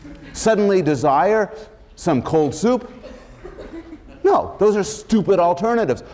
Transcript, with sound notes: suddenly desire some cold [laughter] No. Those are stupid alternatives.